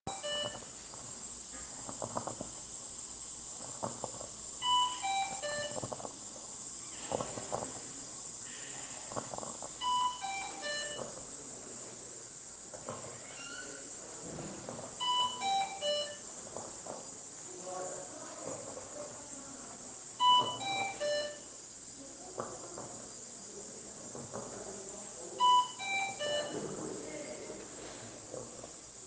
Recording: hospital ward noise